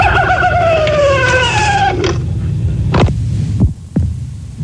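A coyote howls in a high, wavering, quavering cry lasting about two seconds over a steady low hum, followed by a few sharp knocks.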